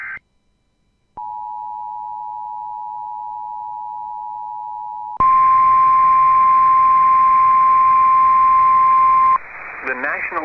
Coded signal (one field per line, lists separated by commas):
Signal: Emergency Alert System (SAME) tones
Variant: 853 and 960 Hz attention tone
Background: speech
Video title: New Hampshire EAS Alert: Snow Squall Warning (02/27/2022) EAS #1